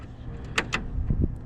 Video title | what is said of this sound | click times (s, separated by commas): THE WRONG WAY TO INSTALL Corvette Innovationz C5 Sleepy Eyed Headlights | See, just like that, it stripped. | 0.6 s, 0.7 s